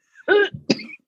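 Two short cough bursts a moment apart from an adult woman: the first is voiced and somewhat throaty, the second sharper and more forceful. Part of a coughing fit from a chronic coughing disorder of more than 20 years, with coughing all morning on waking that then goes away; it sounds like emphysema.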